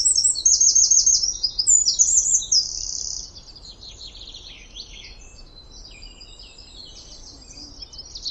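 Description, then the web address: Bird calls, high and quick: loud twittering and trilled chirps for about three seconds, then softer scattered chirps over a low rumble. "Deverinetal 2025 File origin Bird Only"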